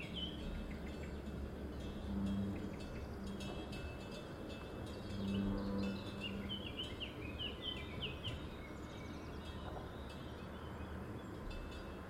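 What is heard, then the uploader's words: A steady highway rumble underlies a bird's quick, bright chirps and two short, low cow moos near two and five seconds. A lone cow, a curious bird, a wispy highway. In Situ Season 1 episodes are 5 minutes of ambient sound recorded along del Norte, the northern coastal route of the Camino de Santiago network of pilgrimage paths converging in Spain. These tiny meditations are made with binaural microphones.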